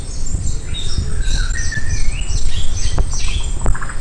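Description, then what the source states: Shama singing a brief run of fluty whistles sliding upward, set against a constant deep rumble and scattered high twittering notes. Recorded on Maratua.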